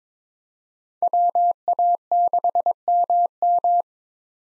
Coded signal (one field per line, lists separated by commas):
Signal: Morse code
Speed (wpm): 22 wpm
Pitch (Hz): 700 Hz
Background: none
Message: WA6MM